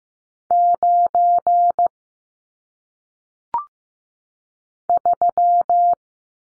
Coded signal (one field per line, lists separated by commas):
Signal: Morse code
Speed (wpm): 15 wpm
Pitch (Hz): 700 Hz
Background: none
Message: 9 3